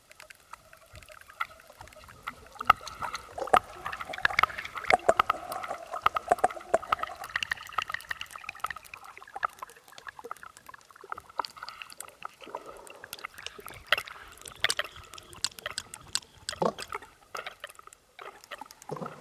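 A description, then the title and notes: An underwater recording made with a hydrophone: a dense, constant crackle of sharp clicks and snaps fills all 19 seconds. During the first half, faint wavering tones in the middle and upper range run beneath the crackling, then fade. A brief low knock comes near the end. L'Hydrophone de Guillaume. A plongé son hydrophone (microphone sous-marin) réalisé à Radio Grenouille le long du littoral toulonnais.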